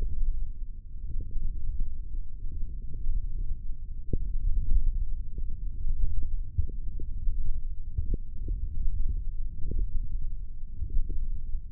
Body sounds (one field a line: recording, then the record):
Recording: forearm muscle sounds (acoustic myography)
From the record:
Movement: thumb flexion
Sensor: system 1, eight BSWA MPA416 microphones around the upper forearm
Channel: 6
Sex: male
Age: 20 years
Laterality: left